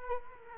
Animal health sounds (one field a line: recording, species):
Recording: mosquito wingbeat signal from an infrared sensor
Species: Culex quinquefasciatus